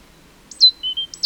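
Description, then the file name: Great tit call: a high note drops sharply into a thin steady whistle, and a second phrase starts at the end. Quiet background. "Parus major"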